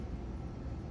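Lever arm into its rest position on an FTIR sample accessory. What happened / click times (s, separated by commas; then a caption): Handled, not yet home: the lever has not clicked into place / none. The pressure lever arm of an FTIR ATR sample accessory is being handled and pushed back toward its resting position. Only a steady low-frequency rumble is heard, with no sharp hits. The lever has not clicked into place yet.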